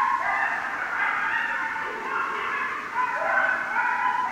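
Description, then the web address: Coyotes in chorus, a dense jumble of overlapping yips, barks and wavering howls, continuous throughout. Recorded 6 January 2013; several coyotes. "Coyote 2013 01 06 Coyotes"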